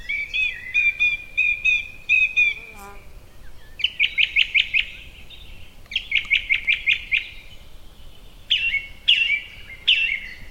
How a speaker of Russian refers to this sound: А певчий дрозд повторяет слоги в своей песне, как будто зовет: «Филипп, Филипп, приди, приди, чай пить, чай пить».